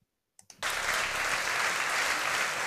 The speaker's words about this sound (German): Warum klatscht ihr?